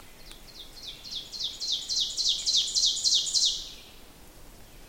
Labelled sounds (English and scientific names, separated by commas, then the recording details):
Ovenbird (Seiurus aurocapilla) song
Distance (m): 15 m
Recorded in boreal forest in Alberta, Canada, on 6 June 2016 at 07:56
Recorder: SongMeter 3, array SBT-3-51
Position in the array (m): 228 m, 155 m
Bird 28